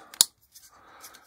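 A plastic model kit part for an HK Models 1/48 B-25J Mitchell is pressed into the cockpit assembly and snaps home with a sharp click at 0.2 s, preceded by a faint tick at 0.1 s. Soft handling noise follows, and the part is seated.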